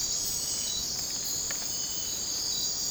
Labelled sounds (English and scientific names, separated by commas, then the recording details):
none
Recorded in dense forest near Puerto Asís, Putumayo, Colombia, on 20 December 2024 at 01:30
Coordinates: 0.466, -76.327
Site G075